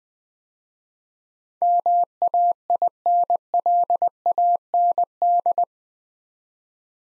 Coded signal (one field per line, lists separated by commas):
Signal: Morse code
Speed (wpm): 20 wpm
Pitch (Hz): 700 Hz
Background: none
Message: MAINLAND